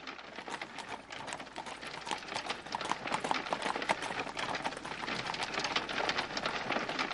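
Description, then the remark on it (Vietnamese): Busy clatter of hooves and rolling wheels from four horse-drawn carriages escorted by constables, coming this way outside at night under moonlight, a dense, continuous clip-clop with rattling noise that swells slightly louder as it goes on. “Lúc này bên ngoài truyền đến cái tiếng xe ngựa ồn ào.”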